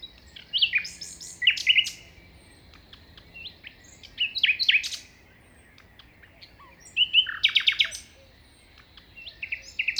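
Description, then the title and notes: Common nightingale singing varied phrases of whistles, sharp chirps and fast rattling trills, each burst separated by short pauses, over a soft steady wind rumble. Common nightingale singing beside a path, Plateau de Lesches-en-Diois, 21 May 2019 at 5:05 am; windy; recorded in stereo on a Nagra Seven with MKH40 microphones. "Plateau de Lesches en diois. un rossignol en bord de chemin"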